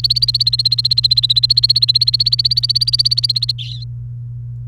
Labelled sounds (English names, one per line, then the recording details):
Domestic Canary song
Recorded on 29 April 2018 at 06:39
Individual llb3